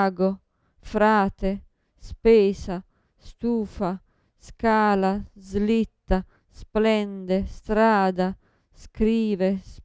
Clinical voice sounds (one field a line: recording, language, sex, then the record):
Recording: read list of words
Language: Italian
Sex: female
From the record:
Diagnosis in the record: Parkinson's disease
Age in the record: 54 years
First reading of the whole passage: 55 s, 9.4 characters per second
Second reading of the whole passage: 50 s, 10.4 characters per second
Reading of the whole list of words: 55 s, 5.1 characters per second